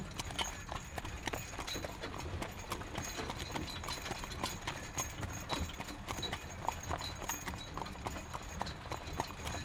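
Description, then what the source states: Horse hoofbeats, a steady run of sharp clopping strikes. Horse pulling a carriage.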